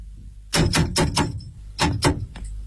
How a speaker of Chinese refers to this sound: 每天回自家门前，总要先端端架子，咚咚地扣响门环。